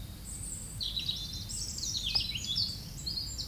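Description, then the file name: European robin song: a quick burst of high, glittering, tinkling notes that tumble up and down, with a low rumble beneath. Recorded 9 May 2022 at 09:41. "erirub-sn 02-20220509-094100"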